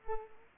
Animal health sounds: mosquito wingbeat signal from an infrared sensor; Culex pipiens

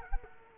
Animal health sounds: mosquito wingbeat signal from an infrared sensor; Culex quinquefasciatus

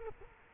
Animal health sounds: mosquito wingbeat signal from an infrared sensor; Culex quinquefasciatus

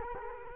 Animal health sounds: mosquito wingbeat signal from an infrared sensor; Culex quinquefasciatus

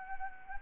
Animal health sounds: mosquito wingbeat signal from an infrared sensor; Anopheles gambiae

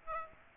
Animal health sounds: mosquito wingbeat signal from an infrared sensor; Aedes aegypti

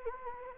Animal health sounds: mosquito wingbeat signal from an infrared sensor; Anopheles gambiae

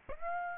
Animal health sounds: mosquito wingbeat signal from an infrared sensor; Aedes aegypti

